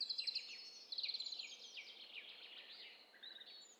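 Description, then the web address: Overlapping birds: two quick series of high, evenly repeated notes, then mixed chirps and trills, with faint background hiss. Mixture of several birds. "Hi Fi STEREO BIRD COCKTAIL PARTY Challenge SBCP TESTSET HDBird Cocktail Party"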